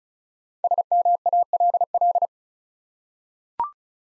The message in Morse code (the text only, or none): SMALL